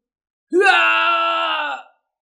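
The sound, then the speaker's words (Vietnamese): A man lets out one long, loud scream of pain as his body is smashed apart again; it jumps up sharply at the start, holds steady and strained for over a second, then cuts off with no other sound around it. “Diệp Hàm thét dài, lại một lần nữa bị đánh nát người, chân thân gian nan tổ hợp lại, mất đi rất nhiều huyết khí hoàng kim,”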